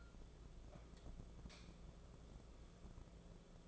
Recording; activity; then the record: daily activity, microphone in the room; light on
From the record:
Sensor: 5